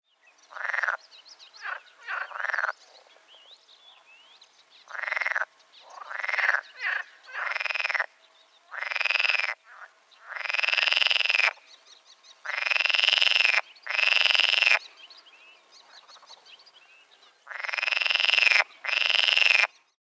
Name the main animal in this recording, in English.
Edible Frog